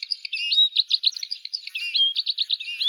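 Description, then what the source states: Red crossbill calls, a rapid series of short, sharp chip notes with occasional longer whistled, slurred notes, continuing steadily throughout. Recorded in Slovenia.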